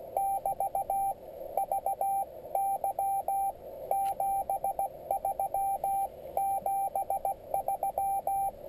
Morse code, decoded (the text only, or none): <BT> VY 73 73